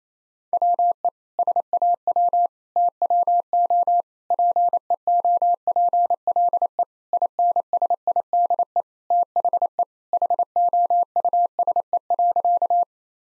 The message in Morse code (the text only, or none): WE SAW TWO PEOPLE INSIDE THE HOUSE.